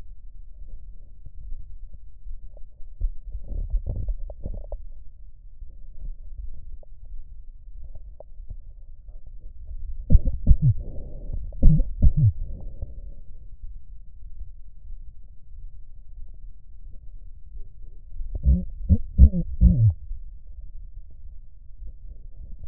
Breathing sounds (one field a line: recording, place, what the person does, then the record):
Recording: lung sounds by stethoscope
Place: right posterior basal chest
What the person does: quiet breathing, then cough and speech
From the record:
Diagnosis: none (healthy)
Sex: male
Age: 30 years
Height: 190 cm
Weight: 88 kg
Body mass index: 24.4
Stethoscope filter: extended mode